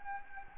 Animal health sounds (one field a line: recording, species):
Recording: mosquito wingbeat signal from an infrared sensor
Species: Anopheles gambiae